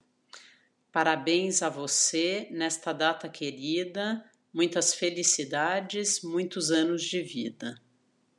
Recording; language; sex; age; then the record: short text; Brazilian Portuguese; female; 50 to 59 years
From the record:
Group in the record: control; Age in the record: 54 years